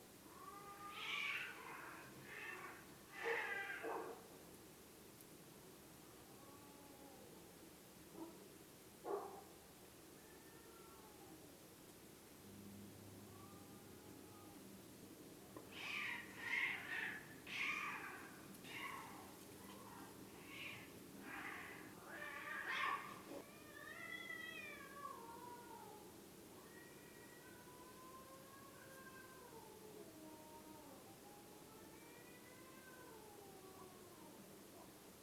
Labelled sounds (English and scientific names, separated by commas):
cat, dog